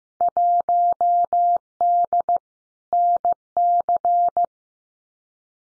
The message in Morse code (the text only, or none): 1D NC